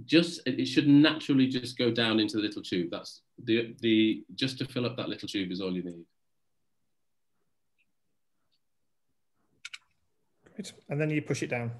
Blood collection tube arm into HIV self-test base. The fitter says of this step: then that's right so then move the little arm over and it clicks into place so the little grey tube that's